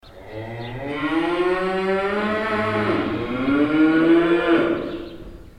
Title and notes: Tandel, bull shed. Inside a bull shed. The calls of the bulls and their nervous movements. The voice of the farmer trying to calm them down